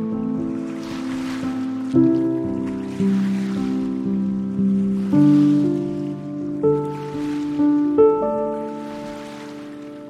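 Gentle lapping of the Columbia River washes in soft, rising-and-falling swells roughly every two seconds, under sustained low piano-like chords and string tones. The chords shift at about 2, 5, 6.5 and 8 seconds, while a hushed drone hums steadily beneath everything.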